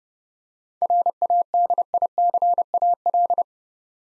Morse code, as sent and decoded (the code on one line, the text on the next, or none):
.-. .- -.. .. -.-. .- .-..
RADICAL